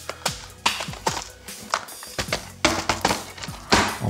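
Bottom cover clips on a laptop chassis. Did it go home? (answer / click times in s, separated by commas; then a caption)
released / 0.7 s, 2.6 s. The plastic bottom cover clips on an Asus VivoBook Pro 14 OLED K3400PH laptop chassis are pried open by working around the edge. Loud cracks at 0.7 s and 2.7 s mark clips snapping free, which is normal, among smaller taps and cracks throughout. No one talks.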